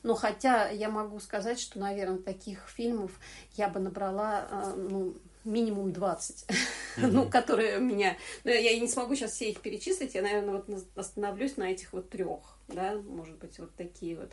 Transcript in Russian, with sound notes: но хотя я могу сказать, что, наверное, таких фильмов я бы набрала эм ну минимум [смех] ну, которые у меня… я не смогу сейчас всех перечислить – я, наверное, вот остановлюсь на этих вот трех, да, может быть, вот такие вот…,